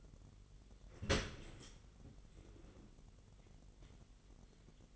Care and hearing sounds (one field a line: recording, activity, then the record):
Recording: daily activity, microphone in the room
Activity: open dishwasher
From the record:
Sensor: 4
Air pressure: 999.1 hPa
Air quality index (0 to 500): 122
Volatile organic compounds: 2 ppm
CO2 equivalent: 1202 ppm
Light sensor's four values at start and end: 7/18/7/7 and 7/17/7/7